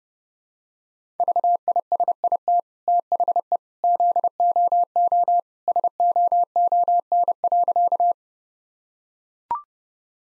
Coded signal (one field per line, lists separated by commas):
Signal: Morse code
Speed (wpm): 32 wpm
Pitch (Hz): 700 Hz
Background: none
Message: VISIT THE ZOO SOON.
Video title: Easy Sentences with Hints - 30wpm